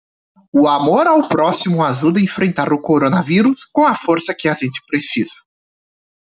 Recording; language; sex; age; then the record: spoken sentence; Brazilian Portuguese; male; 20 to 29 years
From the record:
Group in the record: control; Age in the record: 25 years